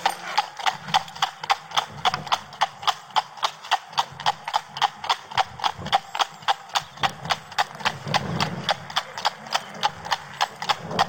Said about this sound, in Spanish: Corriendo una carrera, un caballo de cris blanca y una yegua muy ligera.